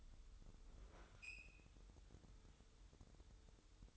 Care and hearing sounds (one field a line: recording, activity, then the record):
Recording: daily activity, microphone in the room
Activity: open fridge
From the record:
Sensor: 3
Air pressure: 988.4 hPa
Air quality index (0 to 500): 192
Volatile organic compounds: 280 ppm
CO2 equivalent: 4435 ppm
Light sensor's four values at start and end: 24/75/31/27 and 24/75/31/27